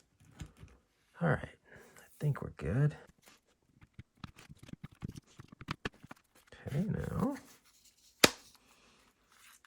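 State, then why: Seated. Someone talks while pressing internal parts into the plastic housing channels of a Dewalt DCD771 cordless drill being reassembled after use in a tilther, with scattered small handling clicks in between. A single sharp, loud snap at 8.2 s marks the parts seating into place, and everything feels snapped in.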